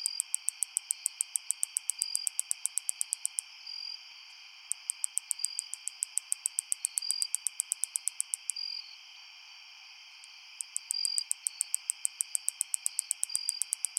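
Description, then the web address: Greater angle-winged katydid song of rapid, crisp ticks in long runs, broken by short gaps, over a continuous shrill drone. "Crickets and Katydids. Greater Anglewinged Katydid, Microcentrum rhombifolium"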